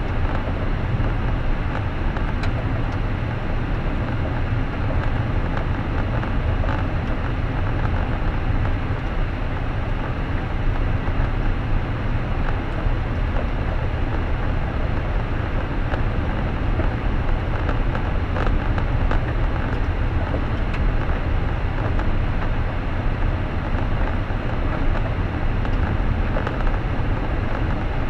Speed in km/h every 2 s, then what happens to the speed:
58, 58, 58, 58, 57, 56, 56, 56, 56, 56, 55, 55, 56, 57.
0-28 steady at about 56.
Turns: none.